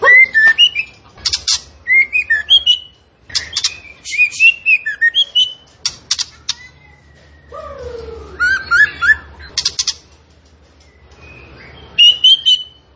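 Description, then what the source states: Zebra finch song of loud, varied whistles and sharp high chirps in bursts, with a slurred falling whistle followed by a squeaky chatter. Vigorously singing (gacor) bird from a masteran recording used to train kept songbirds.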